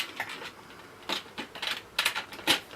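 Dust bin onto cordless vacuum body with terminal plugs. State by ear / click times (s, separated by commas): seated / 2.0 s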